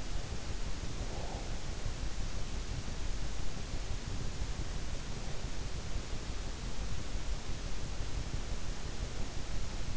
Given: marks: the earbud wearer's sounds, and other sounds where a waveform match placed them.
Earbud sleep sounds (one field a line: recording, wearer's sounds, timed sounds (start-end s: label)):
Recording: sounds in sleep by an in-ear microphone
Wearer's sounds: breath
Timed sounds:
0.00-1.59 s: breath